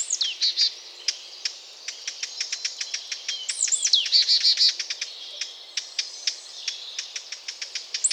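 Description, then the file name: Eurasian blackcap tack calls as sharp dry clicks, irregularly spaced, mixed with high looping whistled phrases. "Sylvia atricapilla"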